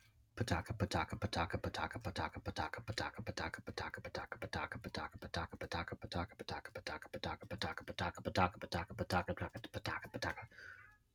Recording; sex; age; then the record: repeated syllables /pa ta ka/; male; 30 to 39 years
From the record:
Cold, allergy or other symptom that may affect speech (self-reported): no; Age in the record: 38 years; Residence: Maryland, United States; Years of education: 14